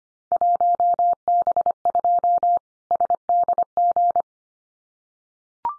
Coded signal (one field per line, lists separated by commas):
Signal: Morse code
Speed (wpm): 25 wpm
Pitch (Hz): 700 Hz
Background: none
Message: 1B2 SDG